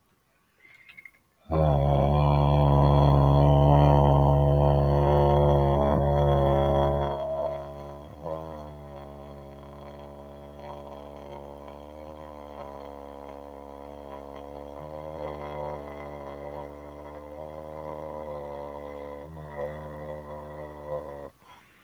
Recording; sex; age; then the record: vowel held as long as possible; male; 50 to 59 years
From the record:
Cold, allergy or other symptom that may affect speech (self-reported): no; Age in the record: 50 years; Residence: Georgia, United States